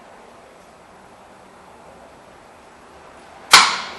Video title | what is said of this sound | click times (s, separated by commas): How to replace the front brakes and rotors on a 2012 Audi Q5 | and what you heard there was the uh the pin popping into the back right there | 3.5 s